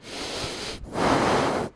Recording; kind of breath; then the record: one breath in and out by a microphone near the nose and mouth; deep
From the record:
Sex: male